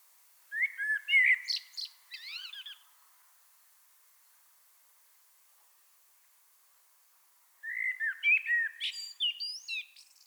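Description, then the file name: Common blackbird song, two separate phrases: rich, warbled whistles followed by thin, high twittery notes, with a long silent gap between them. "Turdus merula"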